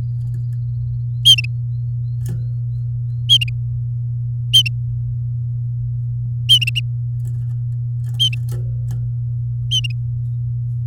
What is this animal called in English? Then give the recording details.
Domestic Canary. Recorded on 3 May 2018 at 16:44. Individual llb16